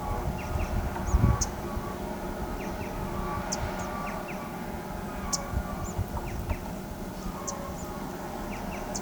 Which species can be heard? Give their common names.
Black-chested Jay, White-eared Conebill